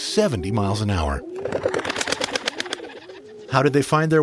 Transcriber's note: Sound of Rock Pigeon taking flight